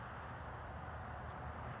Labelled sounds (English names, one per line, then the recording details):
California Towhee
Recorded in Sonoma County, California